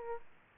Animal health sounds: mosquito wingbeat signal from an infrared sensor; Aedes aegypti

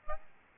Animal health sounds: mosquito wingbeat signal from an infrared sensor; Aedes albopictus

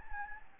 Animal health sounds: mosquito wingbeat signal from an infrared sensor; Anopheles gambiae

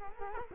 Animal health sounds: mosquito wingbeat signal from an infrared sensor; Culex quinquefasciatus

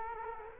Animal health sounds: mosquito wingbeat signal from an infrared sensor; Culex quinquefasciatus

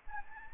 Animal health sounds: mosquito wingbeat signal from an infrared sensor; Anopheles gambiae

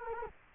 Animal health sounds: mosquito wingbeat signal from an infrared sensor; Culex quinquefasciatus

